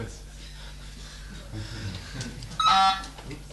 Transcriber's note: laughs